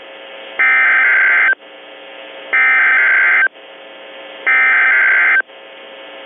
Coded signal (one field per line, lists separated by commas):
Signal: Emergency Alert System (SAME) tones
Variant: header bursts